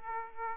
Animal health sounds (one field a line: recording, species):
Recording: mosquito wingbeat signal from an infrared sensor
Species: Aedes aegypti